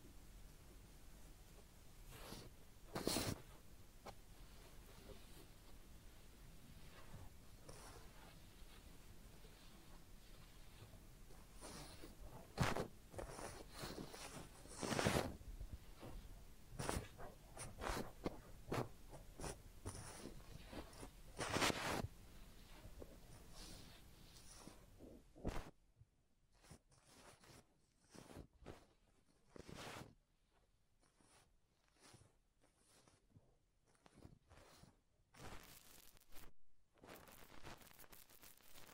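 A head massage and ear cleaning, heard as dense scratching and rubbing with sharp, bright scrapes and taps every second or two. A steady low hiss runs underneath for the first 25 seconds, then drops away, leaving sparser, quieter rustles and clicks against near silence.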